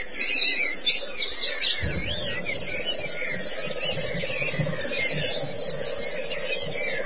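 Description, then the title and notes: White-eye song: shrill, hurried twittering over a steady low buzzing hum, with some lower warbled notes in between. Chirping song. "Kicauan Burung Pleci Durasi Panjang. Suara kicauan burung pleci"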